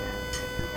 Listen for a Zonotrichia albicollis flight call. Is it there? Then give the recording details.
no. No flight call is heard. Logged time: 23:25 on 2 September 2014